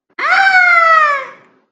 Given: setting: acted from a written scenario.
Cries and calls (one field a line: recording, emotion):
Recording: vocal sound without words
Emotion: fear